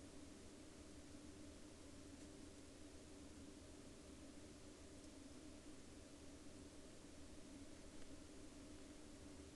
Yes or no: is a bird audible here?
no